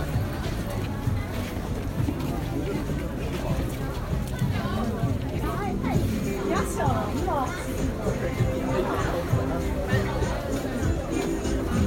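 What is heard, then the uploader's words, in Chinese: Nanluoguxiang street: a steady crowd of voices talking over one another, with no pauses. Individual speakers rise briefly out of the babble, especially between six and ten seconds, over a constant low rumble of footsteps and movement. 声音来自南锣鼓巷。南锣鼓巷是一条胡同，位于北京中轴线东侧的交道口地区。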